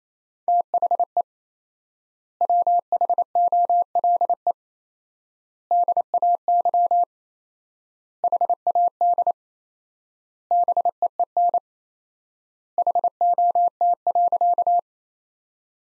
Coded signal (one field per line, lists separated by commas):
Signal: Morse code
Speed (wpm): 28 wpm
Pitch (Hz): 700 Hz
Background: none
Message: THE WHOLE DAY HAD BEEN HOT.